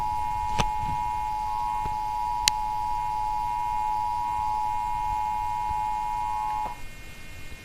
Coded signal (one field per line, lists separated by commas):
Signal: Emergency Alert System (SAME) tones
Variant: 853 and 960 Hz attention tone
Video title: KDFW Required Monthly Test (EAS #149)